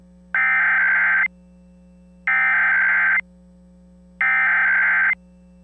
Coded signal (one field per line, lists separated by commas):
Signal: Emergency Alert System (SAME) tones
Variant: header bursts